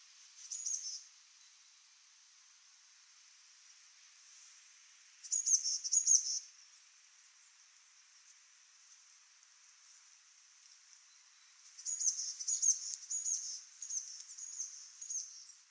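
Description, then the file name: Eurasian blue tit giving thin, high-pitched call notes in three separate bursts, the last longer and more broken, with soft steady hiss throughout. "Cyanistes caeruleus"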